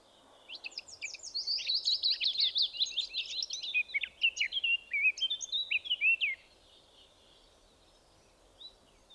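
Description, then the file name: Eurasian blackcap song: a fast, rich warbling phrase of high scratchy and whistled notes lasting about six seconds, then quiet background. "Sylvia atricapilla"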